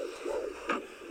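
Rapid, soft whooshing pulses repeat in quick succession over light hiss: a fetal heartbeat picked up by Doppler ultrasound. The heart beats surprisingly fast, which is normal because the fetus is small. The heartbeat took a while to find, and the signal fades in and out.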